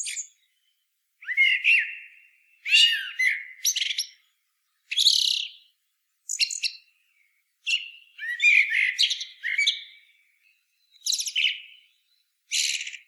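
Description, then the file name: Eurasian blackbird song: a long run of short phrases, mellow low warbles mixed with scratchy high chatters, each phrase split by a short pause. "Turdus merula"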